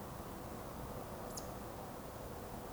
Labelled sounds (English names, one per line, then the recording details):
Eurasian Woodcock whistle
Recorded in Baden-Württemberg, Germany, on 12 June 2020 at 02:16 UTC
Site 24578, 122 m above sea level